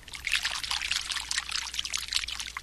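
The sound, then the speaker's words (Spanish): Water pours steadily into a large tub being filled for a bath, a continuous bright splashing rush with a fluttering, bubbly texture that holds at an even, moderate loudness throughout, with no voices. “Lo primero que hicieron los servidores fue prepararle una gran tina llena de agua.”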